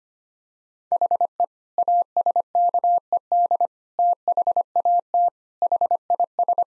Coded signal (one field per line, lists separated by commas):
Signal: Morse code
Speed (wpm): 25 wpm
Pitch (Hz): 700 Hz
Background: none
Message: HE ASKED THAT HIS